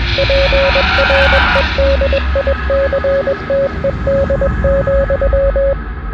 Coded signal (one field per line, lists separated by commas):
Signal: Morse code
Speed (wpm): 21 wpm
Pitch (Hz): 550 Hz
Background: none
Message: PREDICTED,